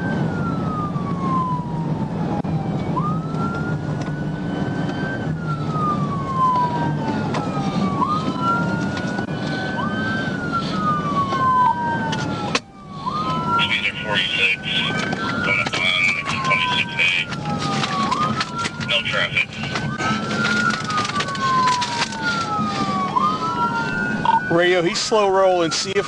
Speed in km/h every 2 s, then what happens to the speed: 106, 101, 92, 82, 77, 74, 68, 68, 66, 61, 60, 52, 48.
0-26 slows to 48.